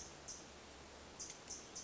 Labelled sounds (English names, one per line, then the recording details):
California Towhee
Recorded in Sonoma County, California